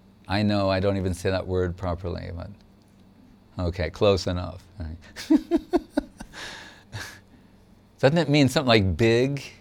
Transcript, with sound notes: I know don’t even say that word properly, but close enough. [Laughter] Doesn’t it mean something like ‘Big’?